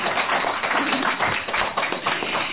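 A steady wash of audience applause for a harpist who graduated from the conservatory, many hands clapping densely and continuously for a couple of seconds at a fairly loud, even level, with no voices standing out.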